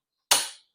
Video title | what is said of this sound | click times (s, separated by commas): Assembly, install and review of the all NEW! Ryobi stowaway workbench! | boom, perfect. You know, you got that nice click, | 0.3 s